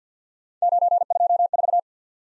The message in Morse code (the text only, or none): 924